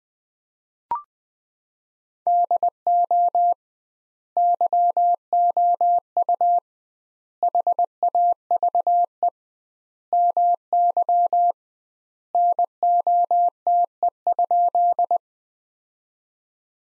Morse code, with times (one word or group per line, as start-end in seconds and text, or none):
2.3-3.5 DO
4.4-6.6 YOU
7.4-9.3 HAVE
10.1-11.5 MY
12.3-15.2 NOTE?